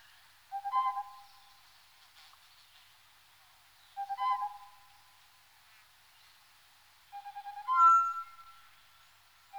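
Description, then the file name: Tropical boubou call: three short bursts of low, rich whistled notes with harmonics, spaced about three and a half seconds apart, the last slightly more complex. "gonolec ventre blanc"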